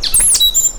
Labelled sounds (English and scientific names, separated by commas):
Stitchbird (Notiomystis cincta) song